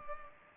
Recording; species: mosquito wingbeat signal from an infrared sensor; Culex pipiens